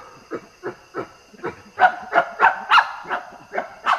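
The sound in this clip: Common chimpanzee panting calls, breathy grunts repeated about three times a second and growing louder and harsher midway, with a steady high insect hum.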